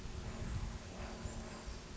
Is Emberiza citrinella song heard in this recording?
no